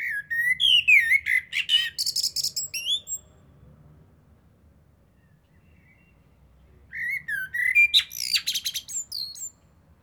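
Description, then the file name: Common blackbird singing: a mellow whistled warble followed by a rapid high chattering flourish, a pause of about four seconds, then a second similar phrase. "Turdus merula"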